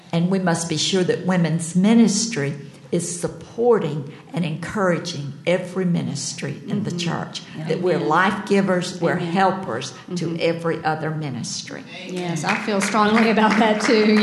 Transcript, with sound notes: We must be sure that women's ministry is supporting and encouraging every ministry in the church-that we're life-givers, we're helpers to every other ministry. [applause] Yes, I feel strongly about that, too.